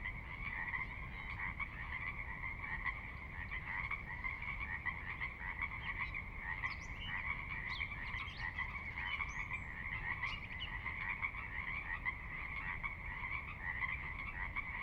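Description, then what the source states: Pacific Chorus Frog chorus, a dense continuous mass of croaking frogs, with a few faint higher chirps in the middle and steady low water noise. Chorus recorded at midnight on the valley floor of Sinlahekin Valley, Sinlahekin Wildlife Area, Washington, near the Cascades; distant water spillage in background; unprocessed raw recording.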